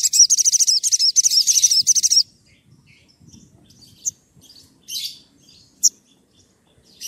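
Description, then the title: Oriental magpie-robin song: a two-second run of fast, high, chattering notes, then quiet with a few scattered sharp chirps. Vigorous (gacor) whistling song used as a lure to provoke other magpie-robins into answering. "Pancingan Suara Siulan Kacer Gacor Mantap Untuk Memancing Kacer Lain Agar Mau Nyaut Bunyi"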